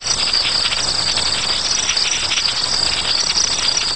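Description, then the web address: Insects chirring in a dense, unbroken high-pitched chorus, steady throughout with a fine shimmering pulse and no other sounds. "ulyanov insects"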